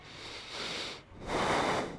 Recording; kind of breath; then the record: one breath in and out by a microphone near the nose and mouth; deep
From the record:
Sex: male